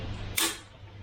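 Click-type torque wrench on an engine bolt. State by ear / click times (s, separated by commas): torque reached / 0.4 s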